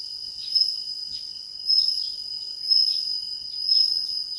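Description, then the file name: Bell cricket song, a clear high ringing tone rising to a bright peak roughly once every second, over a fainter steady lower tone. "suzumushi"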